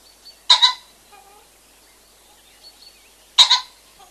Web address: common pheasant